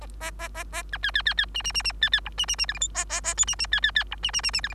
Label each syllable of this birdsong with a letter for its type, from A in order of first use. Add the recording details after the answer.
A A A A B C C C C D D D D C C E D D D F G H A A A I D D C C C E D D D D F G. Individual Bird3